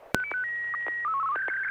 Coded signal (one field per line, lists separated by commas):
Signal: SSTV (slow-scan television)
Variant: Martin 1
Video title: N6NA SSTV Net - 12/30/2020 - ARISS Event